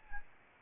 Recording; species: mosquito wingbeat signal from an infrared sensor; Aedes albopictus